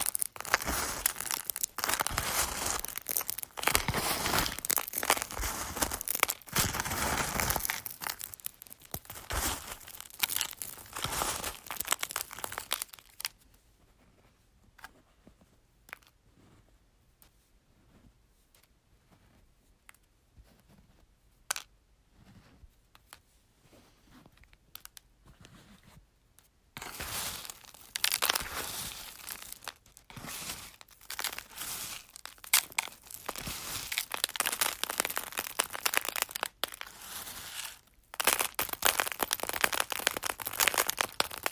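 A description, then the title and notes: Crunching eggs fills the first thirteen seconds with dense, bright crackling and crinkling, cracking in rapid bursts. A quieter middle stretch follows, with scattered sharp snaps and soft rustles. From about 27 seconds the crunching returns, loud and busy, with brief pauses near the end. ASMR Crunching Eggs.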